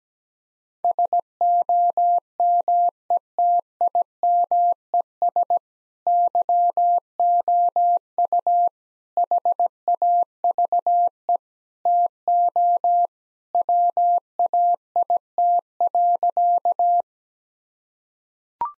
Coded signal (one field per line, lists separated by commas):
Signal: Morse code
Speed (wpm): 17 wpm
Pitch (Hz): 700 Hz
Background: none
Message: SOMETIMES YOU HAVE TO WAIT.